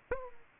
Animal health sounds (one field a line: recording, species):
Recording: mosquito wingbeat signal from an infrared sensor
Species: Aedes aegypti